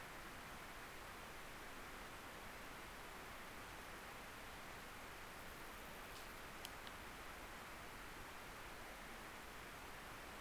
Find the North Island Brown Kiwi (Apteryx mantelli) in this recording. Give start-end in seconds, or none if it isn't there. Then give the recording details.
none. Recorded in New Zealand on 11 December 2011. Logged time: 00:58. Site DD66